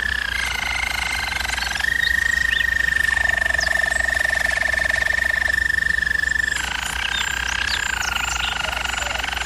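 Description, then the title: German Roller canary song: a gliding roll, then a long steady trill on one pitch with a lower rattle beneath, returning to a deeper rolling tour. German Roller canary singing, used for canary training. "German Roller Canary Singing - Canary Training Vid"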